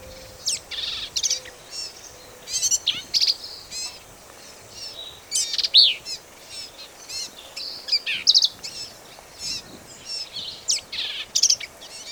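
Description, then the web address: Black-capped vireo singing long, varied sequences of harsh chatters, thin squeaks and buzzy slurs, phrases changing constantly at a rapid, irregular pace. "birds vireos"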